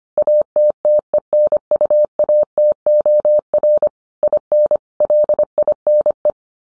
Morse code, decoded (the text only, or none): ATTENUATOR IN LINE